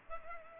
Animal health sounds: mosquito wingbeat signal from an infrared sensor; Culex pipiens

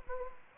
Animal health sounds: mosquito wingbeat signal from an infrared sensor; Anopheles gambiae

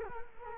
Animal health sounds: mosquito wingbeat signal from an infrared sensor; Culex quinquefasciatus

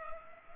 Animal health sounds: mosquito wingbeat signal from an infrared sensor; Culex pipiens

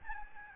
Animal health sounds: mosquito wingbeat signal from an infrared sensor; Aedes albopictus

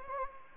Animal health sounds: mosquito wingbeat signal from an infrared sensor; Anopheles gambiae

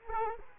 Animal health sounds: mosquito wingbeat signal from an infrared sensor; Culex quinquefasciatus

